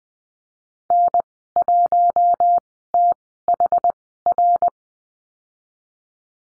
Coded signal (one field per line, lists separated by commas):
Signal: Morse code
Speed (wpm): 20 wpm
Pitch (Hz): 700 Hz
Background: none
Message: N1THR